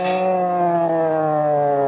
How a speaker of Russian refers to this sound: Сирена